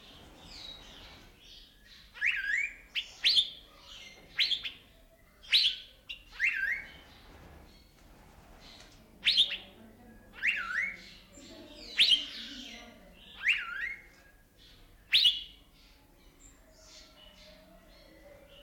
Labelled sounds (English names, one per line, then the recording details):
Asian Fairy-bluebird
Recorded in captivity
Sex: male
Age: adult
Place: Zoo Berlin, Berlin, DE
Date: 1992-12-05
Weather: schwach sonnig, ca. 4°C
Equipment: Marantz CP 430, Sennheiser ME 80, Kopie Tesla B 116
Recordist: Tembrock, Günter
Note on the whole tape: Gesang (längere Stücke, ca. 1 m)